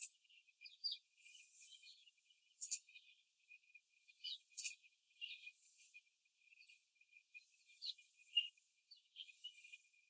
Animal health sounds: young laying hens in a cage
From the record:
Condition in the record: after the stressor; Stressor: simulated dog barking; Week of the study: 2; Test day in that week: 2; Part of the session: 2

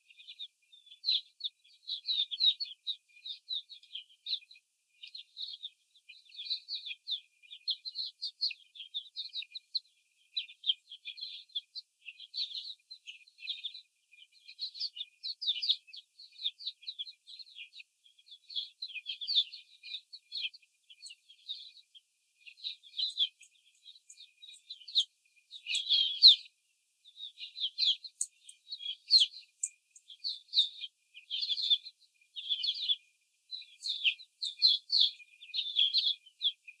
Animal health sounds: young laying hens in a cage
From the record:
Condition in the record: before the stressor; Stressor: simulated dog barking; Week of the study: 4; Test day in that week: 3

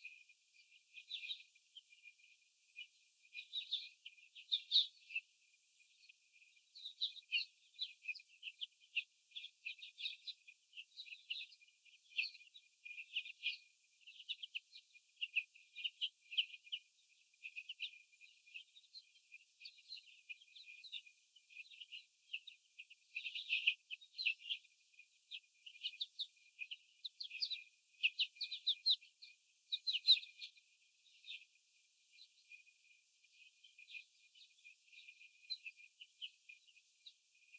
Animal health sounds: young laying hens in a cage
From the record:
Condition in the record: after the stressor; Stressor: sudden umbrella opening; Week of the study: 3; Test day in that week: 2

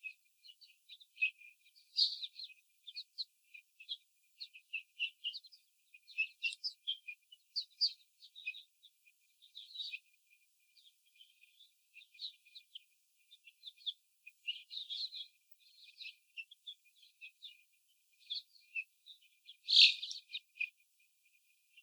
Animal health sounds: young laying hens in a cage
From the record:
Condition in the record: before the stressor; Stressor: simulated dog barking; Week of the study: 4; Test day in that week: 2

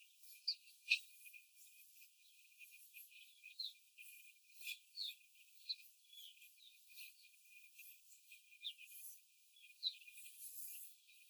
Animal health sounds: young laying hens in a cage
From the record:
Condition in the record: after the stressor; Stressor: simulated dog barking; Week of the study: 4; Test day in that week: 1

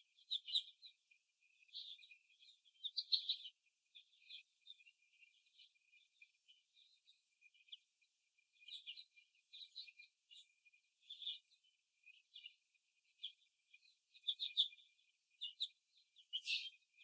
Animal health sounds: young laying hens in a cage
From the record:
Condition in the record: before the stressor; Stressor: simulated dog barking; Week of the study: 1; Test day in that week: 2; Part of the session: 2

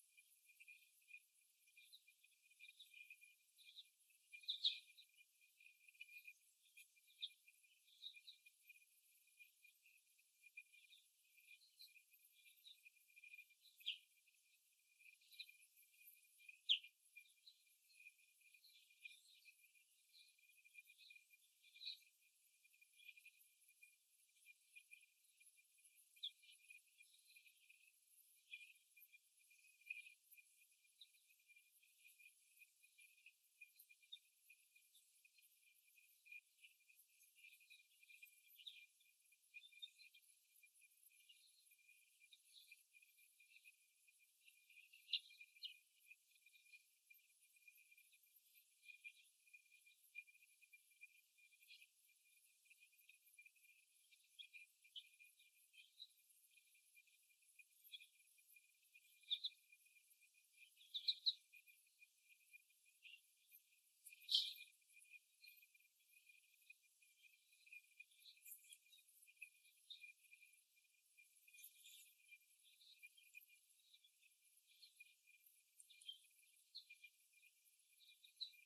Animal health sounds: young laying hens in a cage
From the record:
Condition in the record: before the stressor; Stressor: simulated dog barking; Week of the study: 1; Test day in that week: 1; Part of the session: 3

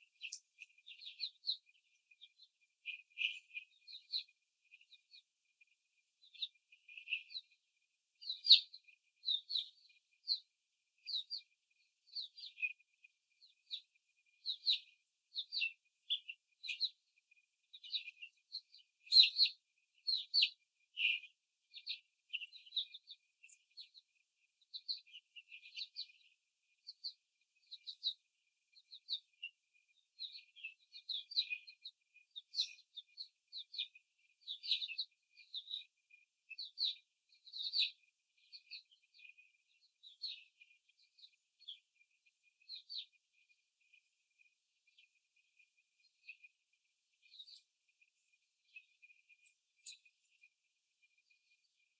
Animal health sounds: young laying hens in a cage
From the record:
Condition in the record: before the stressor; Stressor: simulated dog barking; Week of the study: 3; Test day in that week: 2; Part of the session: 2

